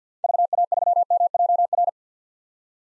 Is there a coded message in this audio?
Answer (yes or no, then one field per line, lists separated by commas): yes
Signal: Morse code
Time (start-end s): 0.2-1.9 s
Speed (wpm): 50 wpm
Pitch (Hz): 700 Hz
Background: none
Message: VA3MJR